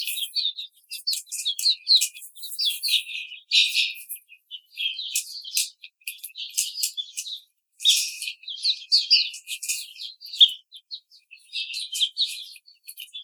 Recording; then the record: young laying hens in a cage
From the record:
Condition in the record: treatment cage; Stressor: simulated dog barking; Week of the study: 5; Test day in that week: 1